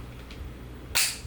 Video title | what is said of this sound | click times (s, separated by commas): #183 Masada Slim Elite Unbox, O-sight SE and Orpez defense Evo initial impression mega video. | There was two clicks on each screw. | 0.3 s, 1.0 s